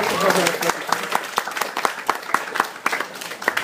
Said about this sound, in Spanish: Y señor, me gustaría que nosotros ustedes le demos un aplauso a esta gente por su paciencia. Muchísimas gracias.